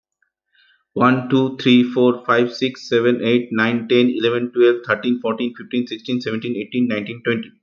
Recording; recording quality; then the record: counting at a fast pace; excellent, no background noise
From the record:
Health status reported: healthy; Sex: male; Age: 30 years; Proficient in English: no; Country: India